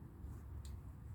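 A timing chain tensioner is screwed by hand into the engine block, and its spring-loaded plunger releases against the chain with a short, bright pop at 0.6 s over a steady low rumble. The tensioner has popped out and released.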